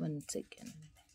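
A jewellery bracelet's clasp is being handled and brought toward its catch while someone talks. Nothing has seated or clicked yet; the clip ends just before the clasp goes home.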